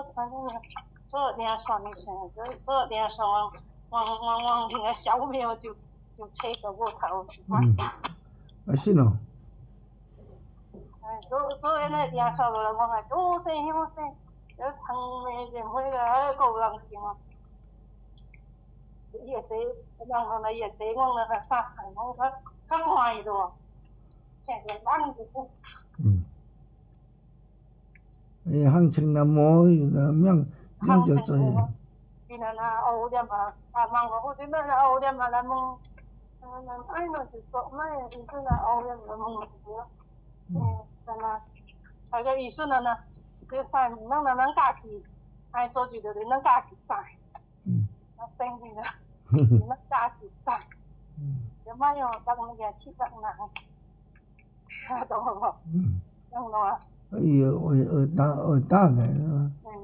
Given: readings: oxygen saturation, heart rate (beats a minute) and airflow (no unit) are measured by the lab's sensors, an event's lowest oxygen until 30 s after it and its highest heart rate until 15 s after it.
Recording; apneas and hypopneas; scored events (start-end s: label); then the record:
a person awake in a sleep study, by a smartphone at the bedside; none
0.00-59.84 s: awake
From the record:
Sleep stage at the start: awake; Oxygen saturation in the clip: 93 to 95%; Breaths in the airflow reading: 15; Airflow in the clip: -6.9 to 6.2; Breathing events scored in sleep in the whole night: 270 in 6.1 hours asleep